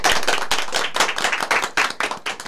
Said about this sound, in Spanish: Felicitaciones a todos y a todas. Bueno, muchas gracias. Vamos cerrando ahí con un aplauso.